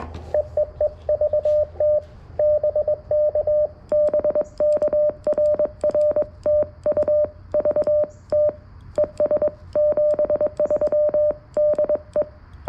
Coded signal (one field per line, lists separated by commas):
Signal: Morse code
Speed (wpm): 21 wpm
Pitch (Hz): 600 Hz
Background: radio noise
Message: EEE VT BK BK RR TU VT ES 73 DE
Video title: Morning CW POTA with the FX-4CR